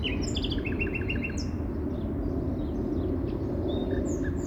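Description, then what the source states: Bird song opening with a quick run of repeated short chirping notes, then a whistled slur and sparse tweets, over a dense low hum of vehicles. City park ambience in spring, with cars heard alongside the birds.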